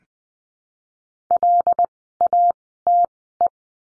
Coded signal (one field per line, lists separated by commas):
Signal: Morse code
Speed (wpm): 20 wpm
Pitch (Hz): 700 Hz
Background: none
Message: LATE